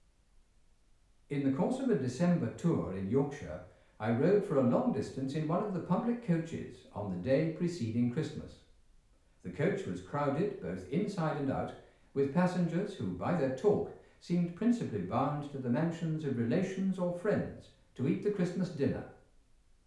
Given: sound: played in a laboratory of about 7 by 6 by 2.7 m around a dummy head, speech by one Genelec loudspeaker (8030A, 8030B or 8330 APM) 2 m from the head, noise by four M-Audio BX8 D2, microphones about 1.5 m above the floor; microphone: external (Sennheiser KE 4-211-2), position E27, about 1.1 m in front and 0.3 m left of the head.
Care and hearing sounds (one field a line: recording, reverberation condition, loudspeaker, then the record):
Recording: male speech in English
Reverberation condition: medium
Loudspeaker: 60 degrees to the right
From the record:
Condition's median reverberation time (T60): about 510 ms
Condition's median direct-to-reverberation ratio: about -0.5 dB